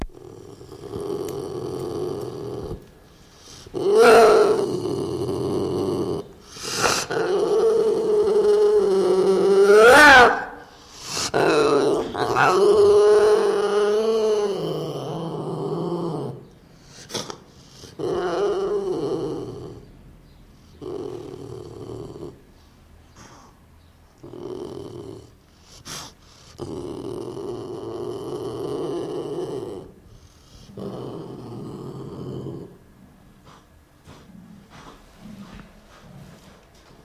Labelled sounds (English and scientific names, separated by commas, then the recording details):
Asian Golden Cat (Catopuma temminckii) aggressive call
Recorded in captivity
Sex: male
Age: adult
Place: Tierpark Görlitz, Sachsen, DE
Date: 1988-02-24 11:09
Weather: overcast, ca. 0°C
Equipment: Nagra SN
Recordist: Tembrock, Günter